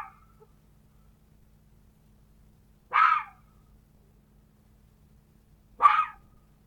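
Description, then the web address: Red fox repeating a short, raspy bark about every three seconds, three calls in all against a quiet background. "glos lisa"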